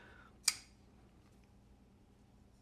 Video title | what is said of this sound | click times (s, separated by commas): Kubey Royal Framelock in Titanium and M390!! A great EDC Design gets UPGRADED!! | pivot pressure point is above that pivot so literally it just snaps into place | 0.5 s